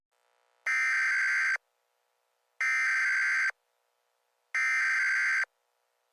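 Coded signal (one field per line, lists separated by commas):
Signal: Emergency Alert System (SAME) tones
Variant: header bursts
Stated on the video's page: Fictional EAS scenario made for entertainment, not a real alert.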